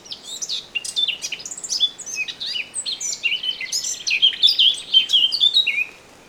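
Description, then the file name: Eurasian blackcap singing a fast, tumbling warble of scratchy notes that turns into clearer, fluty whistles toward the end. "Sylvia atricapilla"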